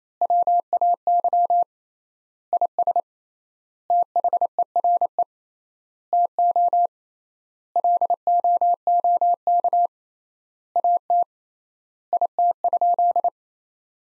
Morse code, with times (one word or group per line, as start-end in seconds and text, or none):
0.2-1.6 WAY
2.5-3.0 IS
3.9-5.2 THERE
6.1-6.9 TO
7.8-9.9 LOOK
10.8-11.2 AT
12.1-13.3 IT?